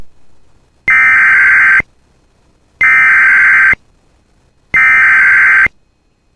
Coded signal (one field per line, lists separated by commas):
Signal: Emergency Alert System (SAME) tones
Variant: header bursts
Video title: [EAS] Severe Thunderstorm Watch 380 For the Bemidji Area (6/4/24)